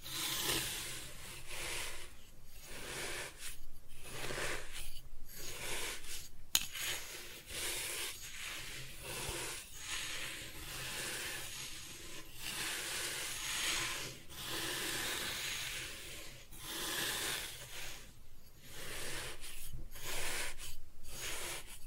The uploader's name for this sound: Kinetic Sand Cutting and Scooping Sounds